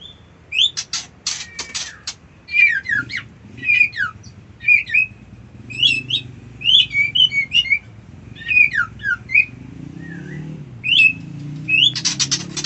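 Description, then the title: White-eye song: quick high whistled notes and slurred chirps in short bursts, with buzzy rapid ticking runs near the start and end, over low background hum. Song style locally called ngerol ngalas. "Suara Burung Pleci Ngerol Ngalas"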